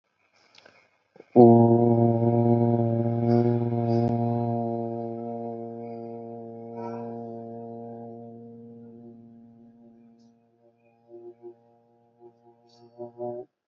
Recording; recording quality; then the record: sustained vowel as in boot; moderate, slight background noise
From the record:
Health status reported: healthy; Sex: male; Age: 26 years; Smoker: yes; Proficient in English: yes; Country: India